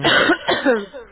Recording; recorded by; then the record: voluntary cough; telephone call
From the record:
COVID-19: positive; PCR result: checked with the laboratory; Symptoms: no